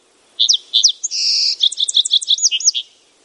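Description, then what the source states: Song Sparrow song: two sharp introductory notes, then a bright buzzy trill and a jumble of quick high notes, about two and a half seconds long. Daytime song played as an ID example; described as pretty common in the continental U.S.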